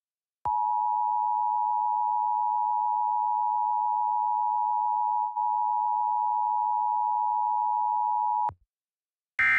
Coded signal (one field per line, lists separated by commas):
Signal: Emergency Alert System (SAME) tones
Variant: 853 and 960 Hz attention tone